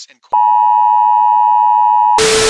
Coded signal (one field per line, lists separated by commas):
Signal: Emergency Alert System (SAME) tones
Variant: 853 and 960 Hz attention tone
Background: speech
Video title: [EAS Scenario] - Overcasted